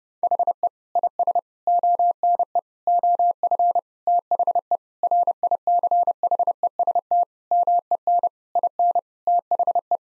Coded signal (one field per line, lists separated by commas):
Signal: Morse code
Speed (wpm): 32 wpm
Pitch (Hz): 700 Hz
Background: none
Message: HE IS ONE OF THE RICHEST MEN IN THE